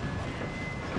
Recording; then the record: background sound without coughing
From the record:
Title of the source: 30 MINUTES Construction Site Ambience (CC BY 4.0)